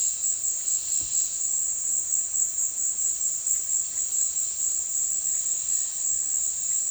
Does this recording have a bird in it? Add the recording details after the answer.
no. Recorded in dense forest near Puerto Asís, Putumayo, Colombia, on 20 February 2024 at 16:30. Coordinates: 0.496, -76.326. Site G6383